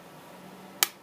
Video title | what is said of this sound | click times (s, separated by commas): Sonia Kashuk eyeshadow pallet review | you can hear it snapping and then the inside there is no mirror but it does have that nice big window | 0.8 s